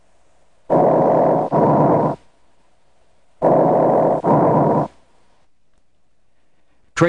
Normal breath sounds heard over the trachea and mainstem bronchi are produced by turbulent airflow patterns. These breath sounds are described as tubular or hollow and harsh. Tracheal and. Mainstem bronchi breath sounds are heard over the chest wall on either side of the sternum from the second to the fourth intercostal spaces anteriorly and along the vertebral column from the third to the sixth intercostal spaces posteriorly.